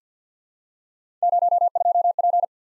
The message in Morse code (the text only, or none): 02P